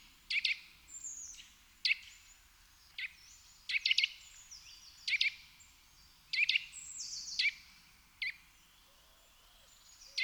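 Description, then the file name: Eurasian nuthatch giving crisp, high call notes singly and in pairs, mixed with several thin, descending trills, against a soft, steady hiss. "Sitta europaea"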